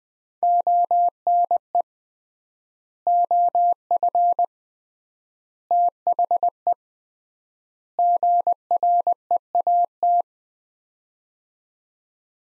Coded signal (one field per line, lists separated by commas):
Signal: Morse code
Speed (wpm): 20 wpm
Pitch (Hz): 700 Hz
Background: none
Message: ONE OF THE GREAT